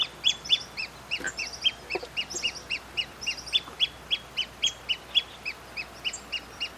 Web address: Pearl kite. کورکور-مرواریدی